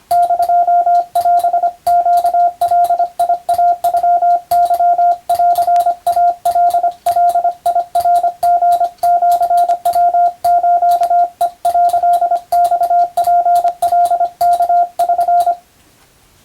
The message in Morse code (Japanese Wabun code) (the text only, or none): <DO>オネガイノケンイカガナリシヤスヘ」マツカワ<SN>